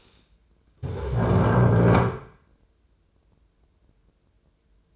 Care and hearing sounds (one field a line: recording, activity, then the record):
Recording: daily activity, microphone in the room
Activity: stand up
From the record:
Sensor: 2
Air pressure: 995.8 hPa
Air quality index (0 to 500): 242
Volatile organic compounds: 1000 ppm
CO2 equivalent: 5963 ppm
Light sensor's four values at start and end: 28/67/30/32 and 25/59/26/29